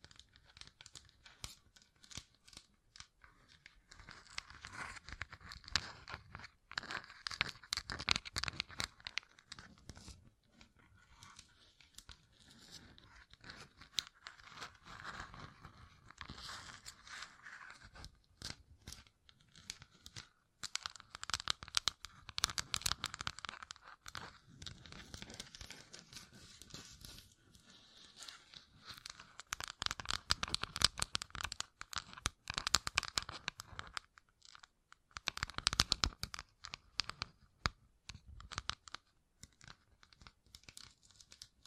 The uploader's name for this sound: ASMR Gem Covered Fingertips Tapping and Scratching